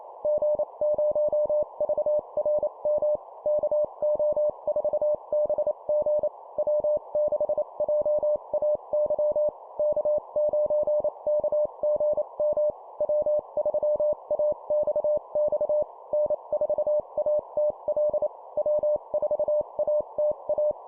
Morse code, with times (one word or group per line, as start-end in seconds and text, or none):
0.3-3.2 G0VRM
3.5-6.3 KO4BG
6.6-9.5 W6JAY
9.8-12.7 K9KGM
13.0-15.8 W3AXX
16.1-18.3 N4ATL
18.6-20.7 W4ATA